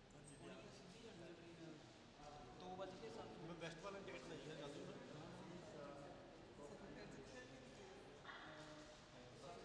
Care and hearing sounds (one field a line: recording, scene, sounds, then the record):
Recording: everyday scene through a hearing-aid microphone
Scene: reverberant space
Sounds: background noise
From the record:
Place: railway station hall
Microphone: in the ear canal, left